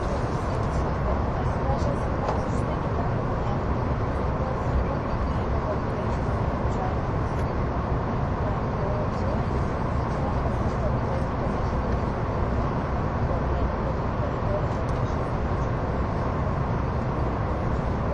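Onboard a Swiss ETR610 tilting EuroCity train on the Gotthard route, a steady, dense rumble of running noise fills the whole clip, heaviest in the low and middle range. The level never changes, with faint ticks and clicks scattered through and some murmured voices underneath.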